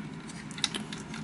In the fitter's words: and you can fold this entire section up on a hinge now and it will click into place like that